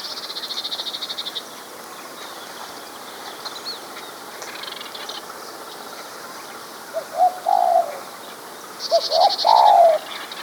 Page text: Spotted Dove Song. Quick Sounds